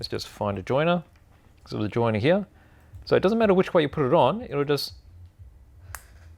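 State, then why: Seated. Someone talks while a plastic joiner piece is pushed onto a flat square base piece of a construction toy. At 6.0 seconds a sharp, solid click is heard as the joiner snaps into place on the square piece, seated firmly.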